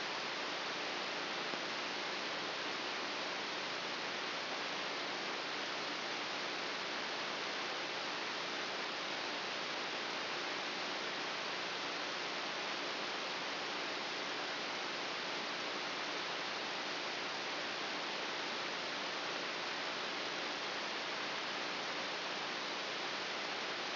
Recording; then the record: brain microelectrode recording played as sound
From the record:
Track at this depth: inside the subthalamic nucleus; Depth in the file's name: 4.601 mm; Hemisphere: right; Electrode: 3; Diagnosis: Parkinson's disease